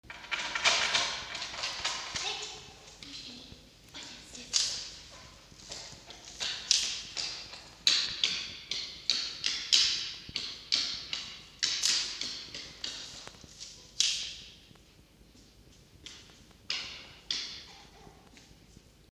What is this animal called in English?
Red Fox